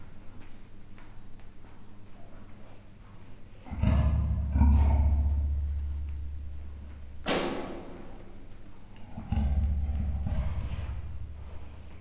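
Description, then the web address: Leopard making deep growls in several rumbling bouts, with a sharp bang between them and a low background hum. Male and female leopards in captivity at Miskolc Zoo, recorded 2009, giving soft growls and barks. "allathangok miskolcizoo 2009 standardt leopard himnosteny halkmordulasvakkantas"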